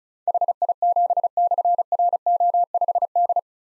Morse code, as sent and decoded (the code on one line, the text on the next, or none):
.... .. --... -..-. .-. --- ..... -..
HI7/RO5D